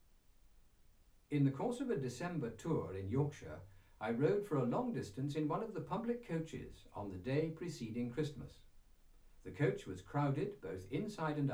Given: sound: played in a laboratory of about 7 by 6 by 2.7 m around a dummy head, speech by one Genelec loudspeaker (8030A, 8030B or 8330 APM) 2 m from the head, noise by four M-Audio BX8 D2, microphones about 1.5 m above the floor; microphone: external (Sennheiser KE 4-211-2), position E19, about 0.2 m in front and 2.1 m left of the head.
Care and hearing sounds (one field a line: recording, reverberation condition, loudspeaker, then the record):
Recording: male speech in English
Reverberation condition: low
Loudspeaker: 90 degrees to the right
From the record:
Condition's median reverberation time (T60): about 310 ms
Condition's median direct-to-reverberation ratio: about 3.5 dB